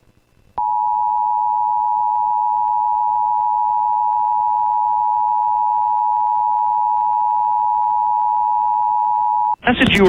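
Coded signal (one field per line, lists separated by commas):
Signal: Emergency Alert System (SAME) tones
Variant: 853 and 960 Hz attention tone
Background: speech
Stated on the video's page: Remake of a hijacked 2011 National EAS Test.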